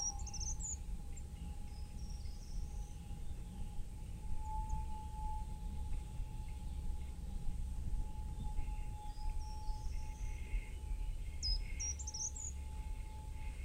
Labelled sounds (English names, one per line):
Short-toed Treecreeper